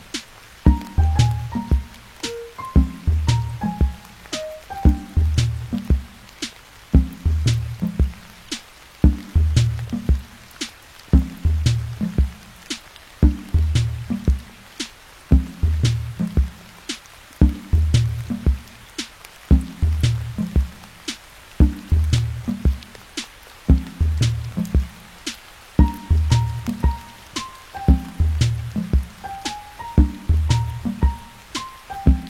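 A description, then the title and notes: Music plays with rain sounds, built on a steady, repeating beat of deep bass pulses and sharp, bright clicks that recur every second or so. A short high melody of sliding notes appears in the first few seconds and returns near the end. Music w/ Rain Sounds.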